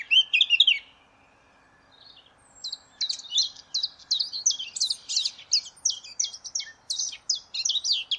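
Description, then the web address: Eurasian blackcap song: a brief burst of notes opens, a pause follows, then a long run of quick, varied, high chirping notes, many of them repeated. "cianscape birddata Deverinetal 2025"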